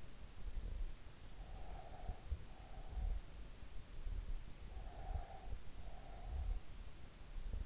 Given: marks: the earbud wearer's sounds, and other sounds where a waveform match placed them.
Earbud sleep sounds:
sounds in sleep by an in-ear microphone; breath
1.33-3.43 s: breath
4.65-6.75 s: breath

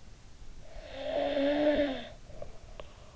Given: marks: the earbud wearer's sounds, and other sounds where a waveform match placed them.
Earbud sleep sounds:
sounds in sleep by an in-ear microphone; snoring breath
0.44-3.07 s: snoring breath

